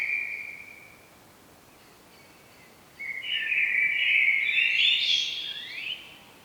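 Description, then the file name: Common blackbird: a short note, a quiet gap, then a loud warbled phrase rising higher before trailing off. "Turdus merula"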